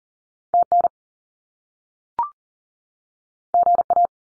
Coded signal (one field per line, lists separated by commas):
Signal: Morse code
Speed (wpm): 40 wpm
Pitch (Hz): 700 Hz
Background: none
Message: TN GA